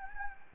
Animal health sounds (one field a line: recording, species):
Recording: mosquito wingbeat signal from an infrared sensor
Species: Anopheles gambiae